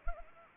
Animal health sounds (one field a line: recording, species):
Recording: mosquito wingbeat signal from an infrared sensor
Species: Anopheles arabiensis